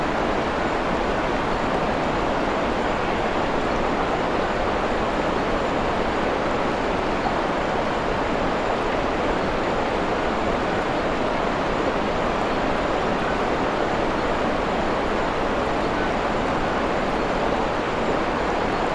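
A waterfall in a forest roars without pause, a dense, even rush that fills the lows through the highs. The loudness holds flat for the full nineteen seconds, with no separate events or other sounds breaking through the constant wash of water.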